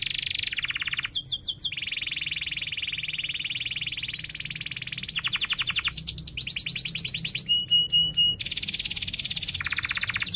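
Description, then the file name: Canary song: extended high trills alternating with rapid chip bursts, one tour of evenly spaced clicking pulses, then trilling again. Canary in strong continuous singing (gacor), with cuit-cuit chirps and a sharp rolling (ngerol tajam) song style. "Suara Kenari Gacor Cuit Cuit Ngerol Tajam"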